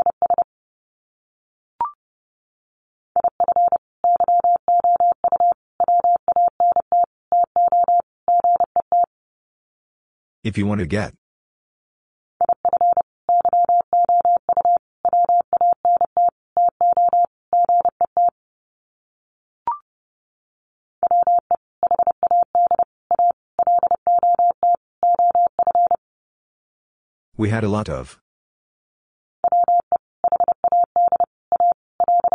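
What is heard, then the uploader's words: Words are sent in Morse code as a steady mid-pitched beeping tone, keyed in quick regular dots and dashes in groups lasting several seconds. Short bursts of hiss break in around 10 and 27 seconds, and the whole pattern repeats. Sets of 5 Words Encore 30wpm. First, the words are sent in Morse code. Then it is spoken. Finally, it is sent again in Morse code.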